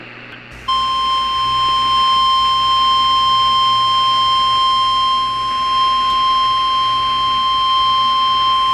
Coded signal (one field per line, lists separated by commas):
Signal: Emergency Alert System (SAME) tones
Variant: 1050 Hz attention tone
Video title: Eas scenario sneak peek